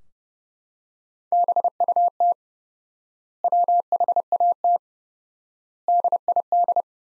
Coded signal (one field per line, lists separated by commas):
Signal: Morse code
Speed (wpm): 32 wpm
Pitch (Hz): 700 Hz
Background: none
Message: BUT WHAT DID